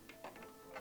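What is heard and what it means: A plastic back cover plate is being handled and pressed onto a TV base/stand. Light ticking sounds play over background music, with a brief sharp tick at the very end, at 0.8 s. Nothing has seated or clicked into place yet.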